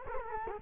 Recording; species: mosquito wingbeat signal from an infrared sensor; Culex quinquefasciatus